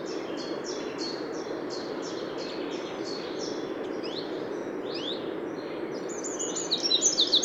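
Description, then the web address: Eurasian wren song heard faintly through steady background hiss, a long series of repeated high notes, then a louder fast trill near the end. "SETE Troglodytes troglodytes"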